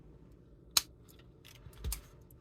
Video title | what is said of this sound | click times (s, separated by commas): Transformers -- BWVS-07 (Beast Wars vs /Beast Wars Again!): Airazor VS Inferno | and straighten those on the double hand until they click into place | 0.8 s